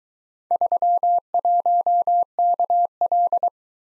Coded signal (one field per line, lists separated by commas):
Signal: Morse code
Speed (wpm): 21 wpm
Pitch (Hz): 700 Hz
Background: none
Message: 31KL